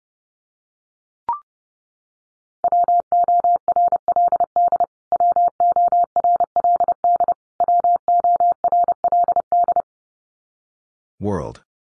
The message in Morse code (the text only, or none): WORLD WORLD WORLD